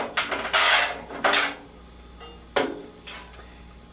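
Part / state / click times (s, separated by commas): screw into sheet-metal panel of a dust collector / stripped / none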